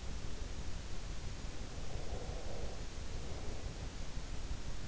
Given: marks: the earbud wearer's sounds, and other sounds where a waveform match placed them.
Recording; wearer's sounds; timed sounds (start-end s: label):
sounds in sleep by an in-ear microphone; breath
1.83-4.14 s: breath